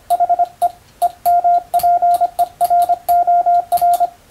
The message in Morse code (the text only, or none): HE EMPEROR